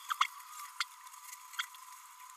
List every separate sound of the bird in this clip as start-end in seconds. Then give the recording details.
0.10-0.13, 0.20-0.25, 0.80-0.84. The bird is a male. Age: 29 days. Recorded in a nest box in Venezuela. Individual 17B32A6